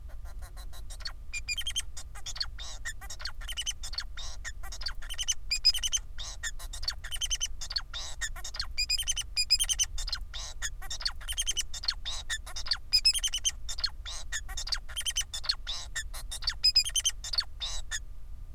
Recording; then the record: song of a male Bengalese finch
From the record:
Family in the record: son of father 4